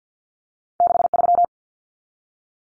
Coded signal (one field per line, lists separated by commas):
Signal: Morse code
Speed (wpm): 50 wpm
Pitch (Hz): 700 Hz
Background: none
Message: 63